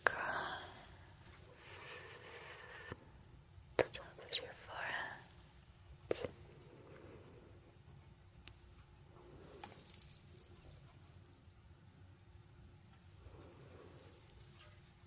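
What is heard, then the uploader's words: Soft rubbing and brushing from face touching, with gentle swells near the start, around 5 seconds and near 10 seconds. A few sharp taps or clicks break in around 4, 6 and 8.5 seconds over a low, steady hum. ASMR The Best Face Touching.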